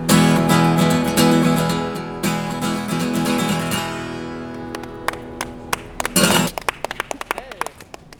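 After a few seconds of sustained tonal, voice-like sound, a small bottle cap or cork clicks and glass clinks during a live outdoor song performance, in a string of sharp, bright taps that grow sparser toward the end.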